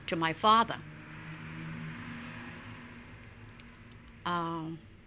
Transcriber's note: exterior traffic noise